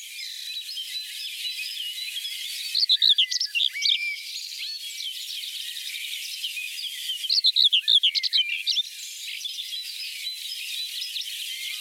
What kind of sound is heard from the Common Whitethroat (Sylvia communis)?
song